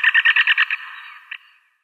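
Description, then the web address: Lesser spotted woodpecker giving a quick series of about seven sharp, even, nasal notes, then a single fainter note after a short pause. "Schulze Peter Lesser Spotted Woodpecker"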